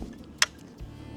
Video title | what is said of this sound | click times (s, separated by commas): Ditching Our E-Bikes for THIS! - TurboAnt R9 Electric Scooter | Flick it up, clip it in, super | 0.4 s